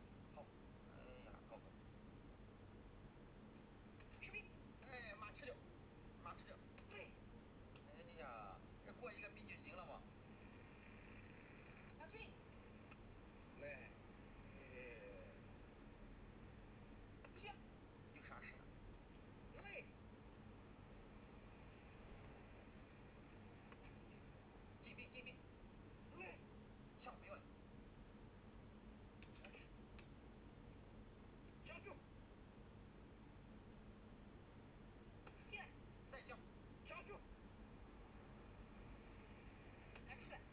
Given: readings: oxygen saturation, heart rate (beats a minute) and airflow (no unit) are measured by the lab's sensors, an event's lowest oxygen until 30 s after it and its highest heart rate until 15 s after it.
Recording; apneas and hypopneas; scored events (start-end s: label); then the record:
a person awake in a sleep study, by a voice recorder at the bedside; none
0.00-40.53 s: awake
From the record:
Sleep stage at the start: awake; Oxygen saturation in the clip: 96%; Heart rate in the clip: 78 to 81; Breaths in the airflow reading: 12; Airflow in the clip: -4.4 to 5.8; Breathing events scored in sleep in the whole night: 131 in 7.2 hours asleep